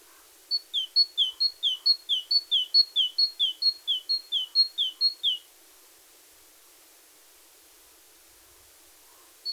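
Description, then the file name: Great tit song: about a dozen rapid two-note phrases, a high whistle dropping to a lower one, repeated evenly for five seconds, then silence and one last note. "Parus major"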